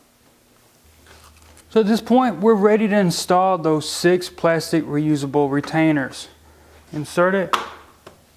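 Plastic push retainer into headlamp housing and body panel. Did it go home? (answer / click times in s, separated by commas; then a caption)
yes / 8.1 s. On a 2018-or-newer Jeep Wrangler JL, a reusable plastic push-in retainer is inserted into a hole along the top edge of the replacement headlamp assembly and pushed down through the headlamp housing and body panel. Someone talks throughout, and a short, sharp hit at 8.1 seconds marks the retainer locking in place.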